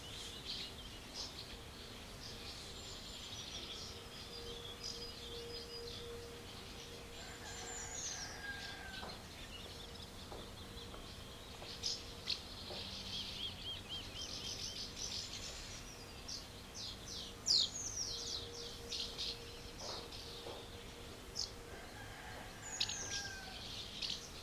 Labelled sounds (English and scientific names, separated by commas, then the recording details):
Common House Martin (Delichon urbicum) call
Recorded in the wild
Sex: diverse
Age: adult
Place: Schloß Holte-Stukenbrock, Senne, Nordrhein-Westfalen, DE
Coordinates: 51.8683, 8.6575
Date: 1967-05-14
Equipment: Uher 4000 Report-S, Bändchenmikro Beyer M 260, Parabolspiegel Polyester (470 mm)
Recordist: Conrads, Klaus